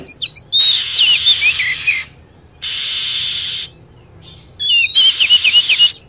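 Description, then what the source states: Lovebird calls: shrill, wavering chirps in two short bursts at the start and end, separated by blocks of steady hissing noise. Lure sound for attracting birds.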